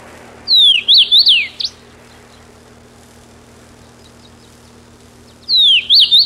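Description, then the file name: Common rosefinch: a clear, sweet whistled phrase of swooping notes, repeated about five seconds later, against a low steady hum. Recorded 10 June 1993. "10 06 93 Cerythrinus"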